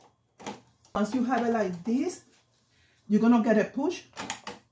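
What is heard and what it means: A hat clamped in a cap hoop frame is handled in front of the driver arm of a multi-needle embroidery machine while someone talks, with a few faint handling knocks between the words. The frame has not yet been pushed home; nothing has seated or clicked yet.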